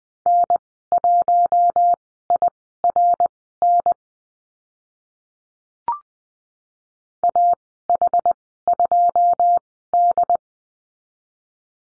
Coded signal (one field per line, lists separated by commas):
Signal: Morse code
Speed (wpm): 20 wpm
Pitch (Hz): 700 Hz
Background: none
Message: N1IRN AH2D